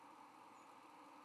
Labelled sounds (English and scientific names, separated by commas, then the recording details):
White-throated Sparrow (Zonotrichia albicollis) flight call
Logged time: 07:19 on 13 November 2014